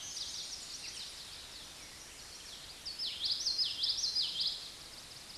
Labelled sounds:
Common Yellowthroat song

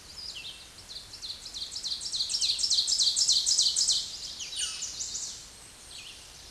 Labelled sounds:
Ovenbird song

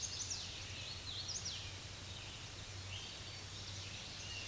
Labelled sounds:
Hooded Warbler song

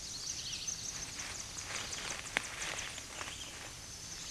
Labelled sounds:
Tennessee Warbler song

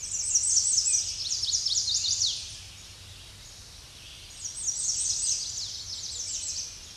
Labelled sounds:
American Redstart song

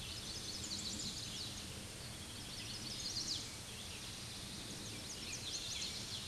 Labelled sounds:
Chestnut-sided Warbler song

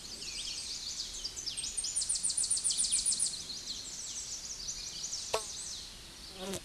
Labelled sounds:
Tennessee Warbler song

